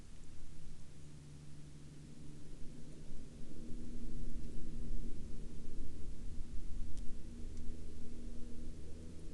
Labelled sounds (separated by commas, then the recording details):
aircraft
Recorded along the Dempster Highway, Canada, on 3 April 2020 at 10:54
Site 14